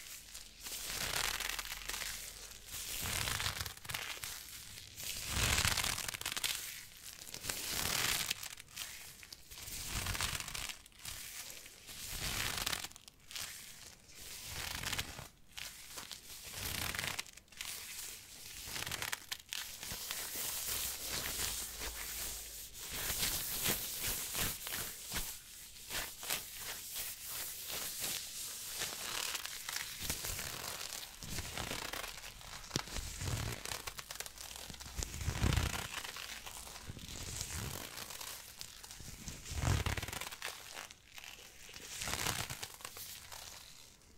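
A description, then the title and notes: Glove sounds: a continuous run of crinkling, rustling handling noise, bright and hissy, made of many short irregular bursts with brief gaps between. A few heavier crunches stand out, around 5, 35 and 40 seconds, and the level stays busy throughout. ASMR Glove Sounds For Tingles & Sleep.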